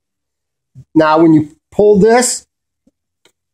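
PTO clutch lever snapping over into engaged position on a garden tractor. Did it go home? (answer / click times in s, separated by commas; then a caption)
partly / 3.2 s. Someone talks while pulling back the EZ adjust PTO clutch lever on a Case Ingersoll garden tractor, holding the assembly with one hand. A single faint click comes at 3.3 s as the lever snaps over toward the engaged position. The pop is only weak, a partial result, because the adjuster is not tightened to about 40 ft-lb; properly set, it should pop clearly into place.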